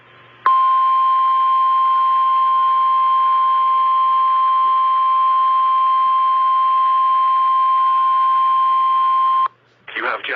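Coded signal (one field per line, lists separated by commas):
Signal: Emergency Alert System (SAME) tones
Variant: 1050 Hz attention tone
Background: speech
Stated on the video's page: Real EAS alerts: North Dakota high wind warning, Kansas monthly test, DC and Virginia Amber Alerts, Minnesota 911 outage, and NOAA Weather Radio weekly test.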